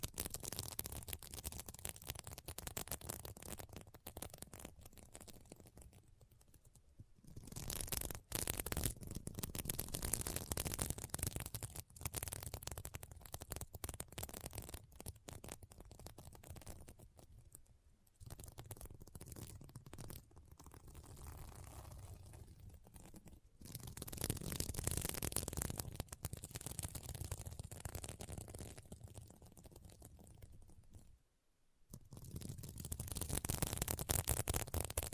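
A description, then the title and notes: Fingers scratch and brush across a sequin pillow, making a dense, rough, crackling rustle with a strong low rumble underneath. The scratching comes in long bursts broken by brief silent gaps, near 7, 18, 23 and 31 seconds, with intensity shifting between passes. ASMR Satisfying SequinMermaid Pillow Scratching Sounds (No Talking).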